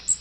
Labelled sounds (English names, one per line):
Magnolia Warbler flight call